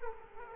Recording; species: mosquito wingbeat signal from an infrared sensor; Culex quinquefasciatus